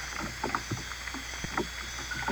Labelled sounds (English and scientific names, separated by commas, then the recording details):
none
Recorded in dense forest near Puerto Asís, Putumayo, Colombia, on 22 December 2024 at 19:00
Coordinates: 0.486, -76.317
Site G003